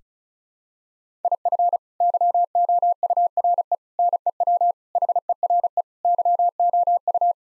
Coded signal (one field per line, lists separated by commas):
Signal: Morse code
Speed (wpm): 34 wpm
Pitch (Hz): 700 Hz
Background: none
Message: IF YOURE NEW HERE YOU